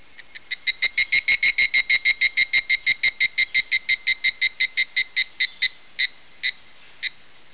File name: higurashi